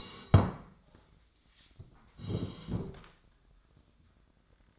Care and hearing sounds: daily activity, microphone in the room; sit down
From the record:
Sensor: 3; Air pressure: 1012.3 hPa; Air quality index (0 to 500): 172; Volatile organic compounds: 3 ppm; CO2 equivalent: 1320 ppm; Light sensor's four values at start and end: 84/187/92/99 and 54/139/61/64

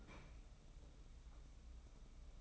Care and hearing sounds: daily activity, microphone in the room; open fridge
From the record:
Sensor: 1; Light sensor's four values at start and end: 19/45/19/20 and 19/45/19/20

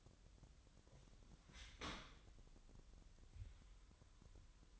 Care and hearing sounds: daily activity, microphone in the room; open dishwasher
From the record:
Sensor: 3

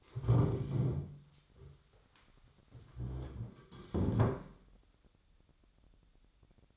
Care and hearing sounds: daily activity, microphone in the room; stand up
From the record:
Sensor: 3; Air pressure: 1015.2 hPa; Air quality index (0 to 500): 142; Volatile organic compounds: 7 ppm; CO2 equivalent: 2020 ppm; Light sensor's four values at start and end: 14/36/14/15 and 15/38/15/16

